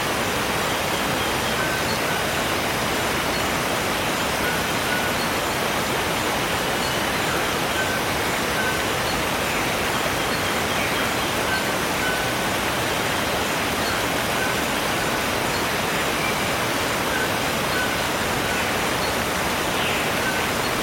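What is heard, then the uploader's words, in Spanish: A waterfall pours in a steady, dense roar that fills everything from deep rumble to bright hiss, holding the same level for the whole stretch. Faint, brief bird-like chirps surface now and then above the rush, scattered through the clip. Crepúsculo en la Canopea de la Selva | Cascadas y Vida Silvestre al Atardecer.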